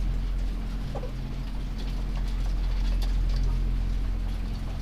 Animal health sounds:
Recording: poultry house recording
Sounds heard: healthy chickens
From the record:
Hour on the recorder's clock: 2

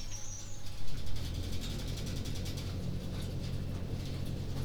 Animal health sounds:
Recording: poultry house recording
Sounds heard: no chicken sound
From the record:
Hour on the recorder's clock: 21

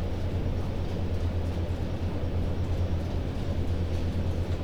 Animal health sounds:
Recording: poultry house recording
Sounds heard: no chicken sound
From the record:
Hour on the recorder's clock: 1

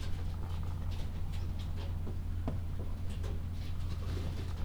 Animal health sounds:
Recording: poultry house recording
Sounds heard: sick chickens (respiratory disease)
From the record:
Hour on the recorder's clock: 12

